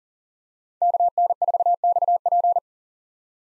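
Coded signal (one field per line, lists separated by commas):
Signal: Morse code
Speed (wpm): 40 wpm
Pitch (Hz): 700 Hz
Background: none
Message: KN4XP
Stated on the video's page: Morse practice at 40 wpm: common POTA hunter call signs, each sent, spoken, then sent again for head-copy.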